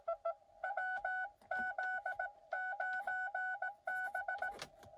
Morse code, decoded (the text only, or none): WZ9B